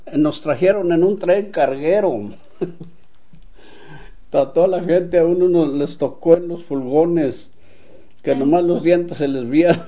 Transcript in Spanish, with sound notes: Nos trajieron en un tren carguero. (risas) Toda la gente, a unos les tocó en unos furgones que nomás los dientes se les vían.